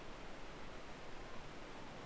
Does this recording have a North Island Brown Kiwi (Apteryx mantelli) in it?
no